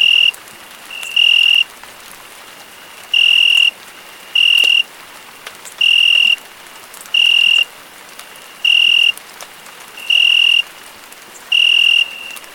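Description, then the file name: Cricket giving short, even, tonal chirps about every one and a half seconds, with a steady rain hiss underneath. Crickets recorded with rain falling. "Grilos e Chuva"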